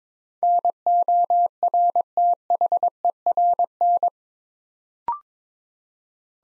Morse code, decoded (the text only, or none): NORTHERN